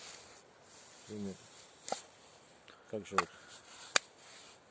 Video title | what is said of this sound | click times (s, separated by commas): два красавчика, пока свободны) | вставляется до щелчка. | 4.0 s